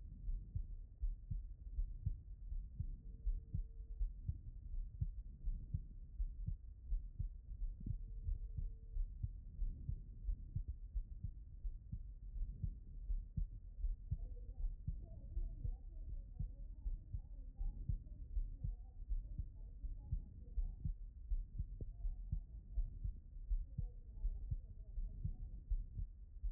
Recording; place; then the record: heart sounds by stethoscope; aortic valve (AV)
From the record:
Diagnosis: HFrEF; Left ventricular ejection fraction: 39%